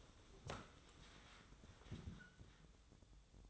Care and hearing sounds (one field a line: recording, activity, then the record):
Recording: daily activity, microphone in the room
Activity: sit down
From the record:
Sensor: 3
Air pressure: 1005.1 hPa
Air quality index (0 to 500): 93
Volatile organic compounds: 3 ppm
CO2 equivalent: 1453 ppm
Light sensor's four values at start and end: 9/21/9/9 and 10/22/9/9